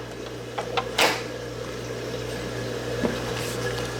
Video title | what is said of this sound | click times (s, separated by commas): New XR15 Ecotech Diffusers and How to Install it 4K | you're gonna take the remainder slid here and literally just snap into place | 1.0 s